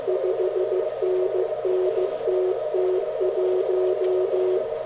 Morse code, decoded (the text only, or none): 5NN TT1